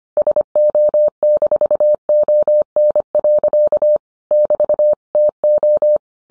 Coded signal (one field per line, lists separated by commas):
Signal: Morse code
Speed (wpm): 25 wpm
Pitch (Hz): 600 Hz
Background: none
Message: SO-ON. <BT>TO